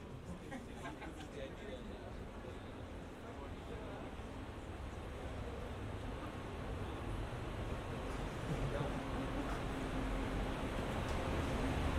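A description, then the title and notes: Visitors mill around the historic SynchroCyclotron, their voices blending into a dense, steady murmur of overlapping chatter. A constant low rumble runs underneath, and the overall level swells gradually toward the end, with a few brief clicks and knocks scattered throughout. Binaural soundscapes recorded at different locations at CERN, the European Center for Nuclear Research. Visitors at the - now historic - SynchroCyclotron (SC).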